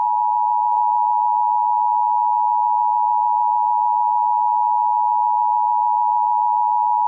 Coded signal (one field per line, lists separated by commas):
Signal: Emergency Alert System (SAME) tones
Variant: 853 and 960 Hz attention tone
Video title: EAS - Trial Grid